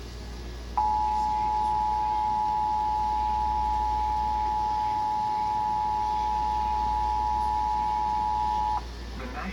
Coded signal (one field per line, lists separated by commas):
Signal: Emergency Alert System (SAME) tones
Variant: 853 and 960 Hz attention tone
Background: speech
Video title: EAS Severe Thunderstorm Warning 2:16 PM EDT NJPBS